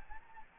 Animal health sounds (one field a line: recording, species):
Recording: mosquito wingbeat signal from an infrared sensor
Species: Anopheles gambiae